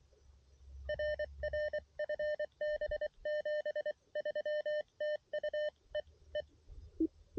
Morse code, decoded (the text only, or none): RR FB 73 TU E E